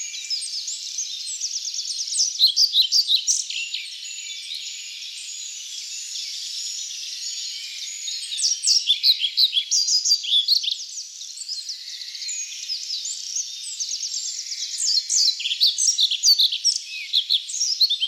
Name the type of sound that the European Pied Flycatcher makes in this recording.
song